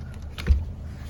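The rear seat cushion of a 2022 Honda HR-V is lifted one-handed into its fold-up lock against the seatback after a first failed attempt. Two sharp hits are heard at 0.4 s and 0.5 s over a low background rumble. The cushion locks and holds in the upright position.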